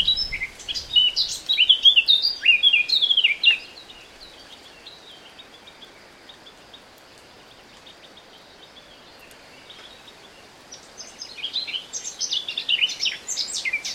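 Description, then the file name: Eurasian blackcap song, two bursts of fast, varied warbling with fluty and chattering notes, separated by a pause of several seconds of quiet hiss. "Sylvia atricapilla"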